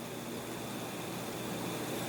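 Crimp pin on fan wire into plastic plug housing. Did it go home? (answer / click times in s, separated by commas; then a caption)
no / none. A red fan wire's crimped metal pin is lined up with slot one of a plastic plug housing, its hook facing the notch, before being pushed home. Only a steady broadband hiss is heard, with no sudden sounds. The pin has not seated or clicked yet.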